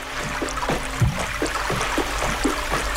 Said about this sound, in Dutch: Een dikke straal heet water vult de buik van de leeuw. De krapte in haar wasruimte wordt gehuld in stoom.